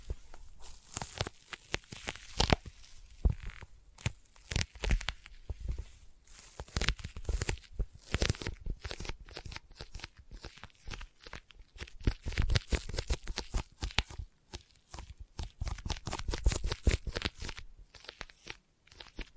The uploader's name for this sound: Intense Sticky Tapping and Sticky Triggers